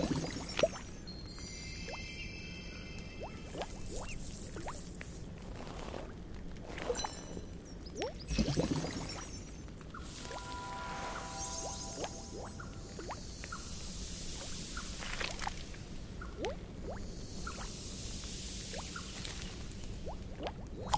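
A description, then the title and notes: A bubbling potion ticks and pops constantly over a low hum, with bright shimmering spell tones, a short glassy chime near eleven seconds. Wizarding school classroom asmr ambience.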